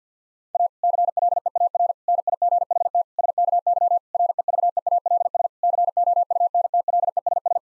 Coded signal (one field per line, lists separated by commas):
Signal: Morse code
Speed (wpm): 50 wpm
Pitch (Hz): 700 Hz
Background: none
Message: A CLEAR NIGHT SKY REVEALS COUNTLESS